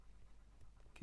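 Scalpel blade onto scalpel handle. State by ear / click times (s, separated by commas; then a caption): not seated / none. A metal scalpel blade is pushed onto a scalpel handle over a low, steady background, with faint ticks and then two short, sharp sounds near 1.0 and 1.0 seconds, the second louder. The blade has not clicked into place on the handle yet.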